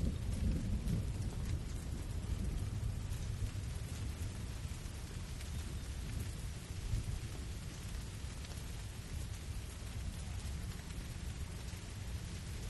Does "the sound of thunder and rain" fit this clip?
yes